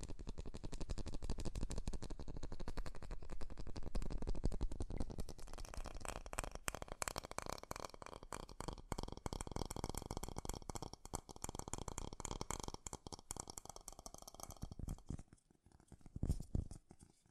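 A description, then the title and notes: Fast tapping runs as a dense, rapid patter of crisp clicks, steady for about fifteen seconds before thinning and stopping near the end. ASMR 3D Fast Tapping.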